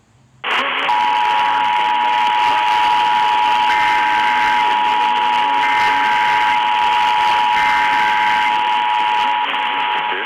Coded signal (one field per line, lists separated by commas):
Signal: Emergency Alert System (SAME) tones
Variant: 853 and 960 Hz attention tone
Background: speech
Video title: eas